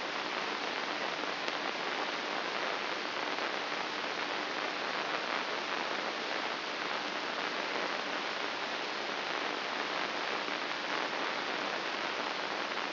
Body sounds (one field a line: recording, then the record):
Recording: brain microelectrode recording played as sound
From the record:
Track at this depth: inside the subthalamic nucleus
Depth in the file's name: 3.42 mm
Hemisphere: left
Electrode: 2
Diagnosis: Parkinson's disease